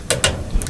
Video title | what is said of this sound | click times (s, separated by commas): GE Washer Will Not Spin Diagnoses And Repair | and you hear a snap in place | 0.1 s, 0.2 s